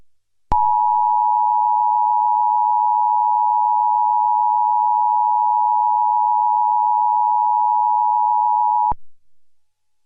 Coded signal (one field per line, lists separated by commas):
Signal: Emergency Alert System (SAME) tones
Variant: 853 and 960 Hz attention tone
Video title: EAS Mock: 2011 National EAS Test